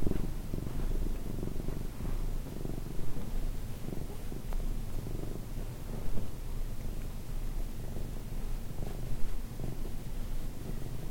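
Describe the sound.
Cat purring softly, a low rough rumble with indistinct breath pulses throughout.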